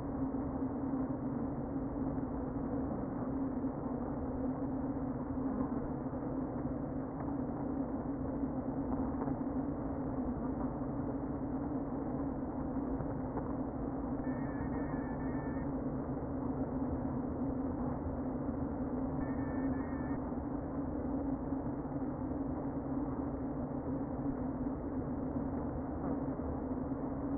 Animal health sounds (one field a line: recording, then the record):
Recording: honeybee colony, microphone inside the hive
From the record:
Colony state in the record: queen present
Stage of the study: before two queens were removed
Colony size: about 60,000 bees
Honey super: yes